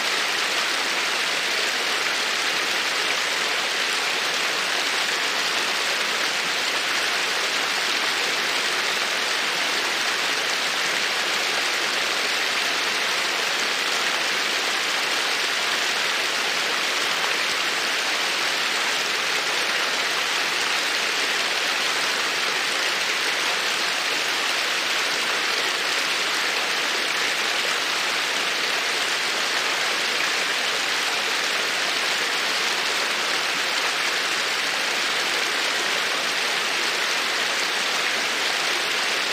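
A babbling creek runs steadily throughout, a dense, even wash of rushing water that stays bright and unchanging from start to finish. There are no distinct pops or breaks; the flow sounds continuous, with little low rumble underneath.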